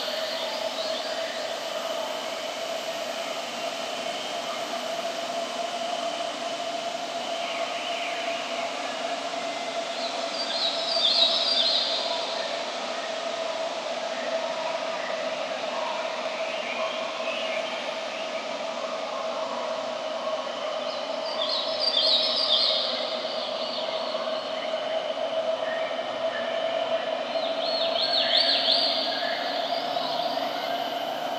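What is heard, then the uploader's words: A distant forest ambience plays as a steady, dense bed with a constant low drone and a thin high whine running throughout. Brighter bird-like chirping swells rise briefly around 11, 22 and 28 seconds, softly sparkling above the even, unchanging backdrop. Distant Planetary Forest Sounds.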